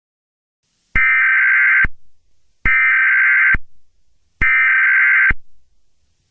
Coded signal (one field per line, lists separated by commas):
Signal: Emergency Alert System (SAME) tones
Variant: header bursts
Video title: EAS Scenario #1: The Nationwide Mega Hurricane